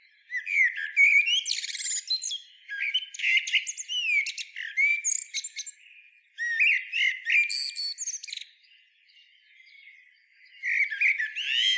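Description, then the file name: Common blackbird giving several bursts of chattering, squeaky and whistled notes, with brief pauses and a final phrase starting near the end. "Turdus merula"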